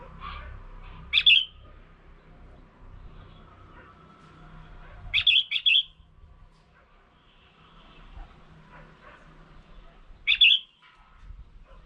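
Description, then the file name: Red-whiskered bulbul calls: short bright notes given three times at irregular gaps, with faint low rumbling in the background. Female. "tieng chao mao mai"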